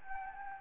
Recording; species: mosquito wingbeat signal from an infrared sensor; Anopheles arabiensis